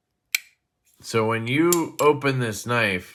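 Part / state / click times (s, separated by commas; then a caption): knife blade locking into the notch of the button lock / seated / 0.3 s. A single sharp click at 0.3 s as the blade of a USA-made Dead Reckon Ridgeback knife opens and seats into the notch of its button lock, locking open. After a short pause, someone talks.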